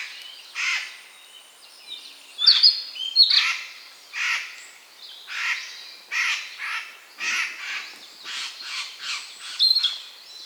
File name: Garrulus glandarius